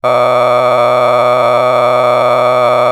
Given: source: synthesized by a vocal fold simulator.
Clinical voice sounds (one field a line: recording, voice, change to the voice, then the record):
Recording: sustained vowel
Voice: male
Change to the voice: a random mix of aspiration noise, stiffness perturbation and strain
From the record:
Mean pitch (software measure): 123 Hz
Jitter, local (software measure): 2.95%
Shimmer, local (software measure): 11.8%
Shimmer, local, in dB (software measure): 1.03 dB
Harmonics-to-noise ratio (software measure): 9.7 dB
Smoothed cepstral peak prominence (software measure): 16.4 dB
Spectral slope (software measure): -14.3 dB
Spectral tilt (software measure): -10.8 dB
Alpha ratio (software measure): -4.7 dB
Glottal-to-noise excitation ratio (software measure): 0.989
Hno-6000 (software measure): 2.0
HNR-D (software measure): 22.8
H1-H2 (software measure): 1.6 dB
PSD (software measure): 2.4e-04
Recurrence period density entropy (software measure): 0.116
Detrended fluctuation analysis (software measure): 0.0328